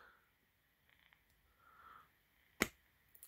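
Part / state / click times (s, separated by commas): ink cartridge into fountain pen grip section / seated / 2.6 s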